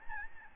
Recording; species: mosquito wingbeat signal from an infrared sensor; Aedes albopictus